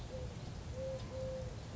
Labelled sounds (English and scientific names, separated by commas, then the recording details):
Eurasian Collared Dove (Streptopelia decaocto)
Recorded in Sonoma County, California